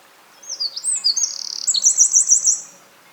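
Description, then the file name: Eurasian wren song, high-pitched and energetic, opening with slurred whistles, running into a rapid trill and ending in a series of crisp repeated notes. "Troglodytes troglodytes"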